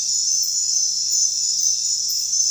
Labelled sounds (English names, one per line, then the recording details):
none
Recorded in secondary vegetation near Puerto Asís, Putumayo, Colombia, on 24 June 2025 at 00:30
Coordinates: 0.498, -76.327
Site GP09